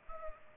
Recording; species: mosquito wingbeat signal from an infrared sensor; Culex pipiens